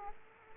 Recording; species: mosquito wingbeat signal from an infrared sensor; Aedes aegypti